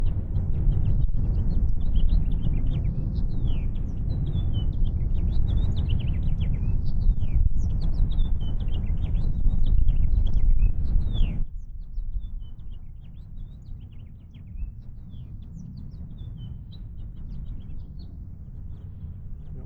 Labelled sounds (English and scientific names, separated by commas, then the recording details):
House Finch (Haemorhous mexicanus) song
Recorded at Lawrence on Long Island, New York, on 4 June 1975
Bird C